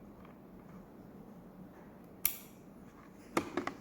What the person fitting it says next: so there's the click that i'm talking about